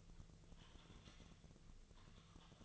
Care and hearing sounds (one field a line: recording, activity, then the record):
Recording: daily activity, microphone in the room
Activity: typing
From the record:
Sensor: 4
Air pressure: 1001.0 hPa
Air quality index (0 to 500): 141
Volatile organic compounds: 2 ppm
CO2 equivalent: 1041 ppm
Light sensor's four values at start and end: 27/65/27/29 and 27/65/27/29